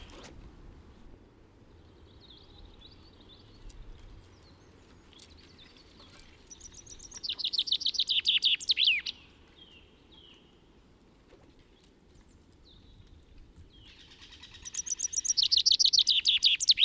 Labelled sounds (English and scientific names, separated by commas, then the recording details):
Common Chaffinch (Fringilla coelebs) song
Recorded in the wild
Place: St. Martin, Appenzeller Land, Rheinland-Pfalz, DE
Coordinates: 49.3004, 8.1015
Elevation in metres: 241
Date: 1976-04-20
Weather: strong wind
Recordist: Tretzel, Erwin